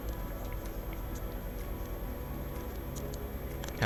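A plastic gear cover is pressed down and closed on a mini 4WD model car chassis after checking that the gears turn. Steady background music plays with light tapping and small handling sounds near the end. The cover snaps into place with a click at 3.9 s, and it is seated.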